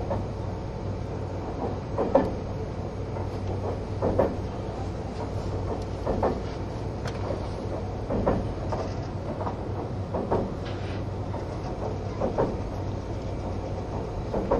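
Inside a green train car, a steady low engine and motor hum runs throughout with a constant deep drone. Soft rattles and knocks from the car come every second or two, with a few sharper clunks near 2, 8 and 12 seconds.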